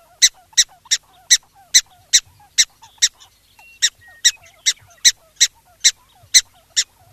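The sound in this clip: Black-tailed prairie dog giving sharp, high, chirpy barks, about seventeen in quick succession at a slightly uneven pace, with faint soft twittering underneath.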